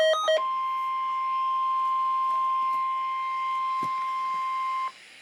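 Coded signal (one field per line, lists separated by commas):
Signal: Emergency Alert System (SAME) tones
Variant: 1050 Hz attention tone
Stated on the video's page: Real EAS Required Weekly Test.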